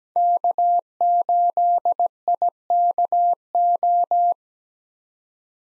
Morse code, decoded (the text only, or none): K8IKO